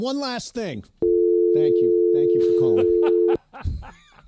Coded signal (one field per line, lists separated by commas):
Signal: telephone call progress tone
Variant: North America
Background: speech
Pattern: dial tone